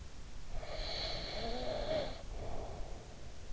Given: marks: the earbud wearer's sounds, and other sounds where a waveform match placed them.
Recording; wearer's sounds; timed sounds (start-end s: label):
sounds in sleep by an in-ear microphone; breath
0.22-3.41 s: breath